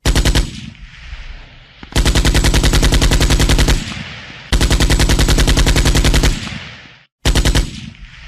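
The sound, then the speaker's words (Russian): A Kord automatic rifle fires long, rapid bursts of sharp, loud shots in an even rhythm. Brief pauses separate them, and each burst ends with a short fading echo. “Автомат просто посылал пулю за пулей точно в цель.”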